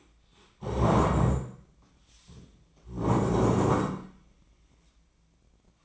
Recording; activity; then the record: daily activity, microphone in the room; stand up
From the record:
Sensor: 1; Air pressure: 1012.3 hPa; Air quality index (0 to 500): 172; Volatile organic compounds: 3 ppm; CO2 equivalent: 1408 ppm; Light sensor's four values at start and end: 45/122/50/61 and 45/122/50/61